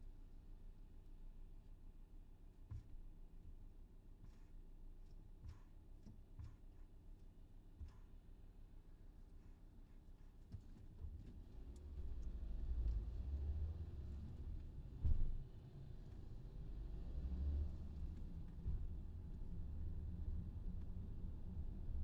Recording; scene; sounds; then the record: everyday scene through a hearing-aid microphone; in a vehicle; engine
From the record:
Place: VW T5 Caravelle, diesel engine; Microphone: in the ear canal, left